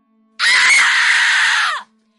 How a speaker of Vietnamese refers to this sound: Tôi bịt chặt hai tai lại rồi hét lớn.